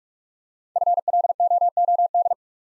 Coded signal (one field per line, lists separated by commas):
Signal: Morse code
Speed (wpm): 44 wpm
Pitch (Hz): 700 Hz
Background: none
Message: FLOOD